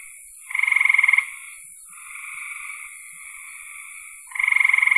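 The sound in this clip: Frog giving fast pulsed trills, a loud rattling burst, then a softer longer trill, then another loud burst, with a constant thin high whine behind.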